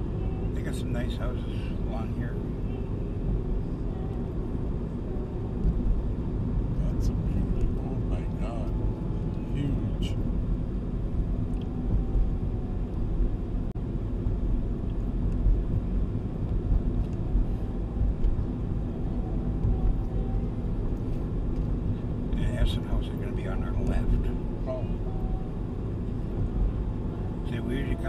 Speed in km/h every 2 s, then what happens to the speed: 44, 43, 44, 43, 42, 42, 43, 43, 45, 46, 45, 45, 43, 42.
0-28 steady at about 43.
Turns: none.